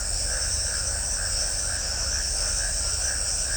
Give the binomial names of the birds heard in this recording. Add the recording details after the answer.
none. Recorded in shrubland near Pivijay, Magdalena, Colombia, on 2 June 2023 at 22:00. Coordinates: 10.453, -74.365. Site P5-G022